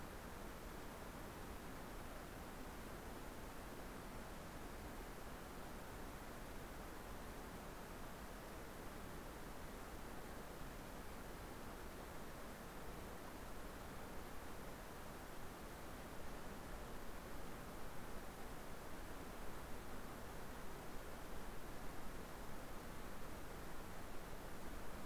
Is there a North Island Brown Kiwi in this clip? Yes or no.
no